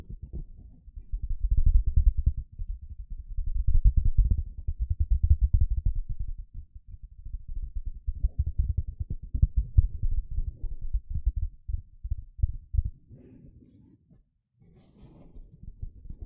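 A sponge is squished and scrubbed in dense, rapid strokes that come in swells of a few seconds each, all dull, muffled and low in pitch. The rubbing thins out after ten seconds, stops briefly near fourteen seconds, then returns with a short, faint hiss.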